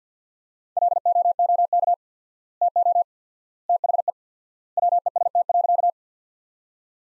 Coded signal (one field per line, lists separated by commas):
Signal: Morse code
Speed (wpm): 50 wpm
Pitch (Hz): 700 Hz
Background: none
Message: LOOK TO THE WEST.